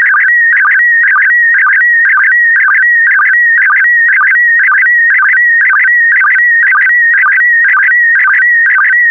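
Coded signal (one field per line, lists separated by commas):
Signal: SSTV (slow-scan television)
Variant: PD120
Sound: warbling whistle around 2 kHz with a steady rhythmic chirp twice a second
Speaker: complete you can now check your decoded image against the picture that is shown on the video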